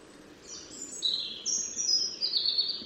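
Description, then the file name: European robin giving thin, high, sustained whistled notes at differing pitches, one after another, over a low steady hiss. "Erithacus rubecula"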